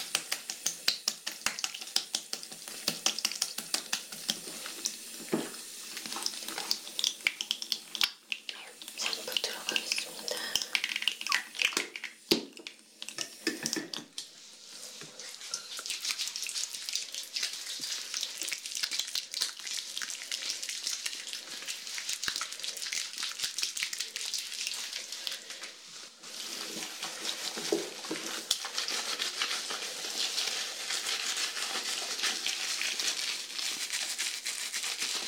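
Shampooing and scalp massage with dense, bright crackling and rubbing, choppy early on, then a steadier lathering hiss after about fifteen seconds.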